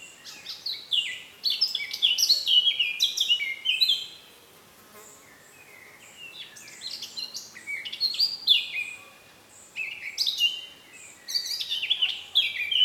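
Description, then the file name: Eurasian blackcap song: a few bursts of rapid, varied warbling notes separated by quiet gaps. "Sylvia atricapilla"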